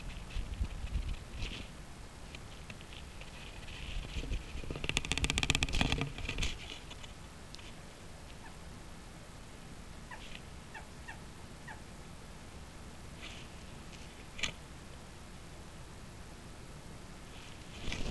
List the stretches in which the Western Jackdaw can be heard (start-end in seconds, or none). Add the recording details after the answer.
8.44-8.53, 10.08-10.21, 10.71-11.16, 11.64-11.79. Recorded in Germany in the breeding season of 2015. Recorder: a small backpack on a wild male jackdaw